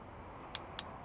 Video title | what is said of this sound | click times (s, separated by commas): How to mount and install a propeller on outboard motor with McGard prop locks | Can't hear the click real well, so let me get it here. There we go. | 0.6 s, 0.8 s